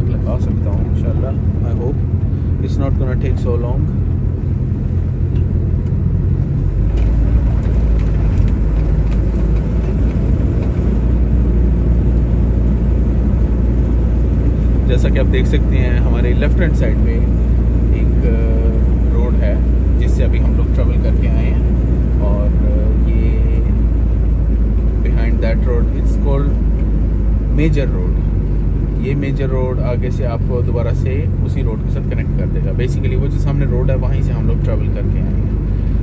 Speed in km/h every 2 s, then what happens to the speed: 22, 20, 20, 21, 25, 26, 25, 26, 26, 26, 26, 24, 24, 22, 20, 20, 22, 22.
0-5 steady at about 20. 5-9 speeds up to 26. 9-20 steady at about 26. 20-28 slows to 20. 28-36 steady at about 20.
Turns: 2-8.